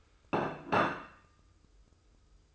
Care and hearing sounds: daily activity, microphone in the room; place plate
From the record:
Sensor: 2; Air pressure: 995.1 hPa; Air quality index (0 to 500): 58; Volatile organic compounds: 1 ppm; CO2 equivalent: 964 ppm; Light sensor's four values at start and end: 14/46/18/17 and 14/47/18/17

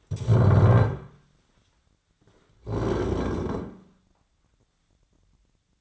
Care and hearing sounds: daily activity, microphone in the room; stand up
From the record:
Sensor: 3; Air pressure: 1009.2 hPa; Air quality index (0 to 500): 181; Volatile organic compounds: 3 ppm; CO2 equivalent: 1462 ppm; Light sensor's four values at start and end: 43/111/49/49 and 36/93/41/42

